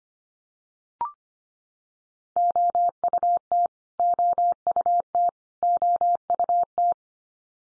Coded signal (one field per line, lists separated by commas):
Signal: Morse code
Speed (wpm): 25 wpm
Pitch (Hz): 700 Hz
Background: none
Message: OUT OUT OUT